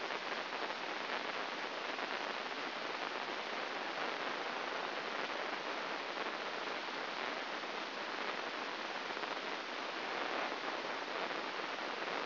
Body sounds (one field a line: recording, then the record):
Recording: brain microelectrode recording played as sound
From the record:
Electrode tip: inside the subthalamic nucleus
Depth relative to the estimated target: 0 mm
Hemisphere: left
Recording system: AlphaMap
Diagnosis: Parkinson's disease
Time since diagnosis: 12 years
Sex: male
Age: 57 years